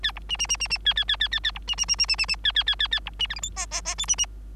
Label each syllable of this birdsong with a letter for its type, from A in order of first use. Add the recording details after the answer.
A B C C C C C A A A A A A B C C C C C C C A A A A A B C D E F G G G H C C. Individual Bird3